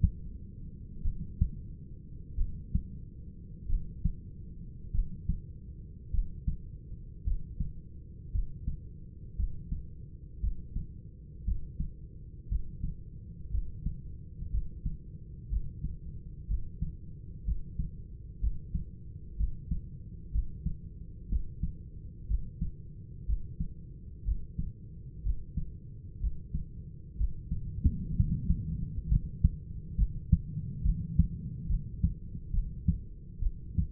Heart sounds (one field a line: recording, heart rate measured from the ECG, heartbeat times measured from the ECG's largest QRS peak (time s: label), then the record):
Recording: heart sounds by stethoscope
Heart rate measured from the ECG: 59 bpm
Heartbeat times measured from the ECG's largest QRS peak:
1.03 s: heartbeat
2.36 s: heartbeat
3.67 s: heartbeat
4.91 s: heartbeat
6.11 s: heartbeat
7.23 s: heartbeat
8.31 s: heartbeat
9.36 s: heartbeat
10.40 s: heartbeat
11.44 s: heartbeat
12.48 s: heartbeat
13.50 s: heartbeat
14.50 s: heartbeat
15.48 s: heartbeat
16.46 s: heartbeat
17.44 s: heartbeat
18.39 s: heartbeat
19.36 s: heartbeat
20.31 s: heartbeat
21.28 s: heartbeat
22.26 s: heartbeat
23.25 s: heartbeat
24.23 s: heartbeat
25.22 s: heartbeat
26.19 s: heartbeat
27.16 s: heartbeat
28.15 s: heartbeat
29.08 s: heartbeat
29.95 s: heartbeat
30.82 s: heartbeat
31.67 s: heartbeat
32.51 s: heartbeat
33.40 s: heartbeat
From the record:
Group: healthy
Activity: rest 0-7 s, Valsalva maneuver 7-34 s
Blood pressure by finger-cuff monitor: 165/79 mmHg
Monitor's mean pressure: 98 mmHg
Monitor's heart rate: 61 bpm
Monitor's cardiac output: 5.3 L/min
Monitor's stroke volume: 87 mL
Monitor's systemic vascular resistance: 1340 dyn s/cm5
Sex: male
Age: 25 years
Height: 170 cm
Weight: 70.4 kg